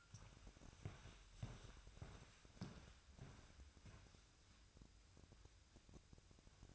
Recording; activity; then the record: daily activity, microphone in the room; walk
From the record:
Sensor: 2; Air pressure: 1001.5 hPa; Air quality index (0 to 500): 226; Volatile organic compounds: 25 ppm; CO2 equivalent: 2843 ppm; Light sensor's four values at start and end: 9/29/11/11 and 9/29/11/11